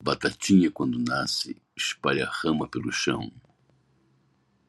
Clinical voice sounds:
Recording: short text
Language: Brazilian Portuguese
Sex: male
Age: 60 to 69 years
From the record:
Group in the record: control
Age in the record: 64 years

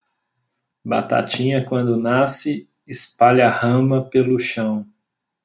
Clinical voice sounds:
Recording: short text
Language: Brazilian Portuguese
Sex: male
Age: 40 to 49 years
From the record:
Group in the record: control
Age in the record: 42 years

